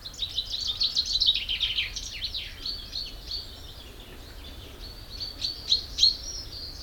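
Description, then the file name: Common chaffinch singing a loud trill at the start, followed by softer, scattered song notes and a brief louder burst near the end. "Fringilla coelebs"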